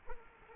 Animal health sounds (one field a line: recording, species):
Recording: mosquito wingbeat signal from an infrared sensor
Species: Culex quinquefasciatus